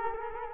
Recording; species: mosquito wingbeat signal from an infrared sensor; Culex quinquefasciatus